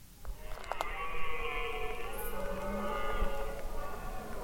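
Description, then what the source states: Red deer roaring: a long, drawn-out, hoarse, harmonic bellow held for several seconds. Rutting stags in autumn at night, forêt de Rambouillet, France; vocal jousts against satellite stags, oral contests of strength that may lead to a fight.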